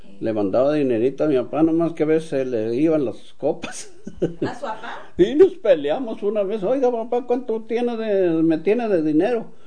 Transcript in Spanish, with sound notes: Le mandaba dinerito a mi papá, nomás que a veces le iban las copas. (risas)
¿A su apá?
Sí. Nos peleamos una vez. “Oiga papá, ¿cuánto tiene de, me tiene de dinero?”.